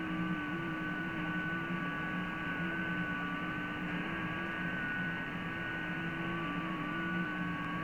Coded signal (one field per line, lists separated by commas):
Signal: FT8